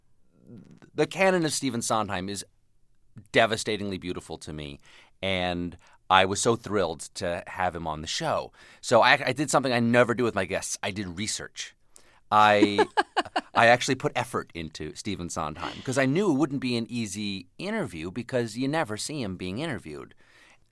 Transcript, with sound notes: and the canon of Stephen Sondheim is devastatingly beautiful to me, and I was so thrilled to have him on the show. So I did something I never do with my guests: I did research.
(LAUGHTER)
I actually put effort into Stephen Sondheim because I knew it wouldn't be an easy interview, because you never see him being interviewed.